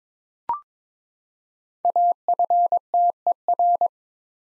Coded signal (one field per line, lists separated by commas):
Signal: Morse code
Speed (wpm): 22 wpm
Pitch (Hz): 700 Hz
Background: none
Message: AFTER